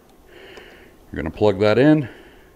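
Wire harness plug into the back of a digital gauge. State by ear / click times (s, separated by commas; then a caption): not seated / none. A male plug on a Dakota Digital gauge jumper wire with red, white and black wires is being handled at the female socket on the back of a digital motorcycle gauge, for a motorcycle with air ride. Someone talks from about 1.1 to 2.1 seconds over a faint steady hum. Nothing has seated or clicked yet.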